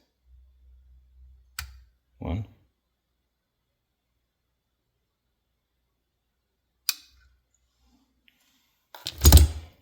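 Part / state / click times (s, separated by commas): alternator brushes released from a retaining pin onto the slip rings / released / 1.6 s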